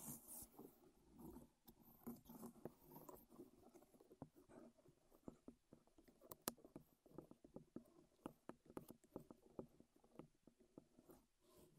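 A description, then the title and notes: Wooden tapping and knocking, a dense run of sharp clicks and scrapes at an uneven pace, with a soft rustling underneath throughout. ASMR Wood Triggers in Your Ears (No Talking).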